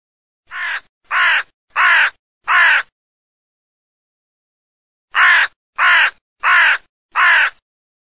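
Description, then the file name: Crow calling with harsh caws, a series of four rasping notes, a pause of about two seconds, then four more evenly spaced caws. "CORNACCHIA"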